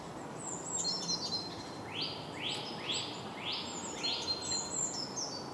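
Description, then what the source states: Bird calls as a series of quick rising sweeps, five in a row about every half second, with thin high notes around them and steady background noise. Soundscape.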